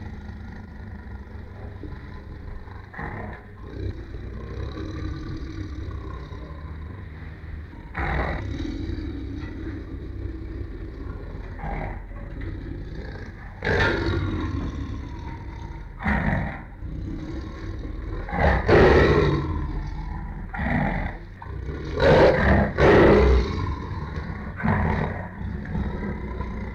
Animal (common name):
Tiger